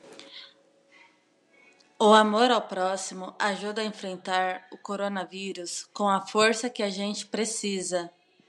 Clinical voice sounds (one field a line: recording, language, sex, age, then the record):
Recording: spoken sentence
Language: Brazilian Portuguese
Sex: female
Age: 30 to 39 years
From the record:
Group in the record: control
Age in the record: 37 years